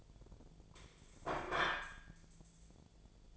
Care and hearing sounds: daily activity, microphone in the room; place plate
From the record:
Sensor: 5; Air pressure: 1009.4 hPa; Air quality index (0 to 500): 168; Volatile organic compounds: 4 ppm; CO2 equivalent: 1631 ppm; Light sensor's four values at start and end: 99/262/107/113 and 99/262/107/113

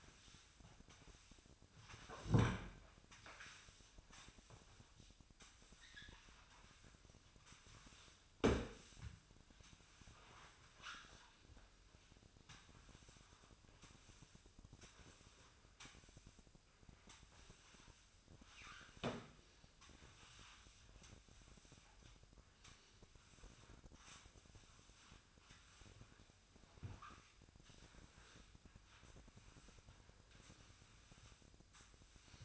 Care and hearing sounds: daily activity, microphone in the room; sweep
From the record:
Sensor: 2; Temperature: 24.5 degrees Celsius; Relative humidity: 39.5%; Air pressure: 1003.0 hPa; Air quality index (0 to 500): 199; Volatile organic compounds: 6 ppm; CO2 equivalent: 1891 ppm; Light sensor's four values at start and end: 11/26/11/12 and 12/28/12/13

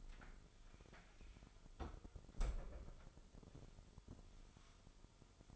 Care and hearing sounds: daily activity, microphone in the room; close fridge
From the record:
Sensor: 5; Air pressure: 988.5 hPa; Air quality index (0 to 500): 216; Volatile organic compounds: 117 ppm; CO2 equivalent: 3861 ppm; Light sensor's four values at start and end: 42/127/50/53 and 42/128/50/53

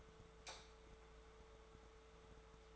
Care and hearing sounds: daily activity, microphone in the room; light off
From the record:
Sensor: 3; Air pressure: 1014.7 hPa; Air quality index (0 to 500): 192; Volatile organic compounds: 24 ppm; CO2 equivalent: 2811 ppm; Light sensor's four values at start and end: 33/84/36/37 and 25/63/26/28

